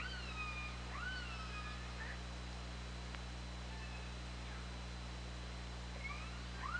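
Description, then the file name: Killer whale calls: upswept and arching harmonic cries at the start, a brief pause, then rising calls again near the end, over a continuous low hum. Recorded on the OrcaLab hydrophone, 24 August 2017, at 20:23. "Orca Lab 20170824 202334"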